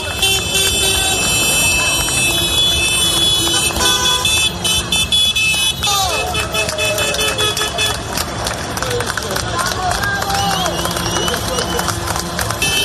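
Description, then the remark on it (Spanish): A loud, dense din of horns from more than 1,000 tractors honking over rumbling engines as they drive in procession into Barcelona during a February 2024 farmers' mobilization, with steady tones and wavering blasts overlapping, mixed with crowd noise and applause throughout. “Son más de 1.000 tractores. Así, con este sonido y entre aplausos, entraban en Barcelona.”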